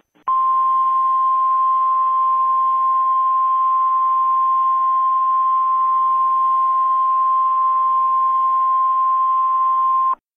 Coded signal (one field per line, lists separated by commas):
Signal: Emergency Alert System (SAME) tones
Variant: 1050 Hz attention tone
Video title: EAS Scenario The Innocent REMAKE Part 2